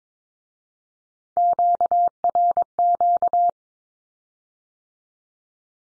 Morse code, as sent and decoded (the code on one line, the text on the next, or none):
--.- .-. --.-
QRQ